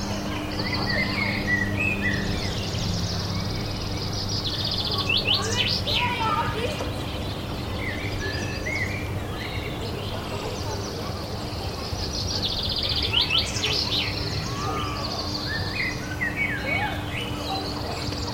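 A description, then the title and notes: Birds chirp off in the distance, with quick bright tweets and trills scattered throughout, busiest around the fifth and thirteenth seconds. Underneath runs a steady low hum and a constant wash of noise, with faint voices, possibly children at play, mixed in. Lazy Summer Afternoon Park Ambience | Neighborhood Soundscape. You're completely at ease in the nearby neighborhood park, as birds chirp and children play off in the distance.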